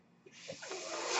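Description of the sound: A breathy airflow hiss swells over about a second: a mechanical ventilator delivering a breath.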